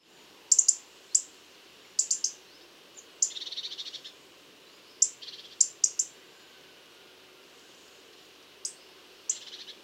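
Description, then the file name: European robin calls: sharp, high ticking notes, single or in short bursts, with a brief buzzy rattle now and then, spaced irregularly over a quiet background. "Erithacus rubecula"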